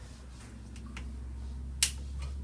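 A plastic red locking clip is pushed back onto the push-fit collet of a filter's tube connection, with quiet handling ticks around 0.8 s and 1.0 s. One sharp, loud snap rings out at 1.8 s as the clip seats, over a low steady hum.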